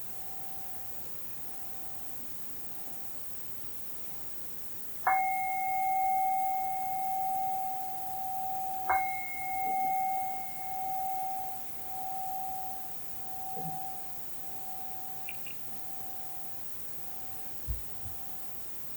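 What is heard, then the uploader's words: A Koshi bell rings, a faint lingering tone at first, then two clear strikes around five and nine seconds. Each strike gives a pure mid-pitched note with a higher overtone that wavers and pulses as it slowly fades. A couple of soft knocks come near the end. Koshi Bell.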